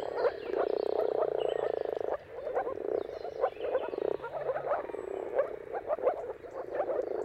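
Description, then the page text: Moor frog chorus of rapid, bubbling low croaks, loud at first, briefly dropping near two seconds, then resuming in uneven pulses; faint bird calls above. Chorus of moor frogs giving mating calls at sunrise, seen at the turn of March and April depending on the weather. "Jakub-Orzecki moor frogs. Dawn’s Chorus: Mating Calls of Marsh Frogs at Sunrise. Depending on the weather at the turn of March and April, you can witness an amazing spectacle of moor frogs"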